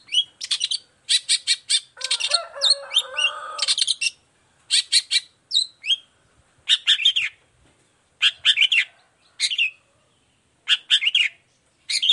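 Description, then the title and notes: Long-tailed shrike singing fast, varied phrases of buzzy trills, whistled slurs and a harsh grating passage, broken by short pauses. Cendet singing vigorously in the morning with the 'toet toet' variation, clear-voiced and fully varied; a tutor song easy for any cendet to imitate. "Cendet Gacor Dor Di Kala Pagi Toet Toet Variasi Suara. Cendet Gacor Suara Jernih Full Variasi. Burung cendet"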